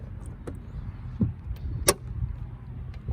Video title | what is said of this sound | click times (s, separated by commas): Manually Lower or Raise a R129 Mercedes SL Soft Top / Hardtop | Heard that lock. | 1.9 s